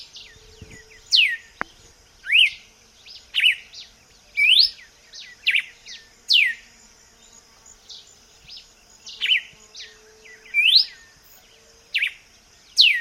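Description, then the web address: Red-cowled cardinal singing a long run of loud slurred whistles, roughly one per second, over a steady high-pitched insect hum and a brief click. "vocs paroaria dominicana"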